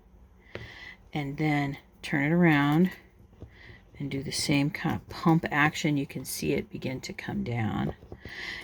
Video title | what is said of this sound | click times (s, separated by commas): Finishing the Eye Elements | and then you just take the new tip tip and it's going to kind of lock into place | 0.6 s